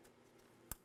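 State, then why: Seated. A plastic electrical connector is slid into the battery terminal assembly of a 2018-2024 Chevrolet Equinox until it locks. After a low background hum, a single sharp click is heard at 0.7 s as the connector seats in place.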